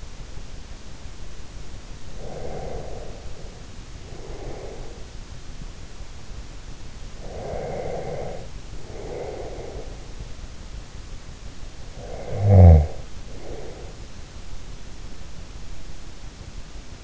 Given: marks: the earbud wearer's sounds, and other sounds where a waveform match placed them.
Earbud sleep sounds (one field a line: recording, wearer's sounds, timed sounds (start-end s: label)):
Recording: sounds in sleep by an in-ear microphone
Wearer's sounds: breath, snoring breath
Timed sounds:
2.13-5.05 s: breath
7.04-10.02 s: breath
11.96-13.96 s: snoring breath